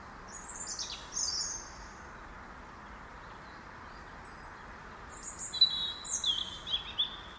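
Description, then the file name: European robin singing high, thin, slurred phrases, one short burst early, then a longer twittering phrase after a silent stretch, against constant background hiss. "Erithacus rubecula"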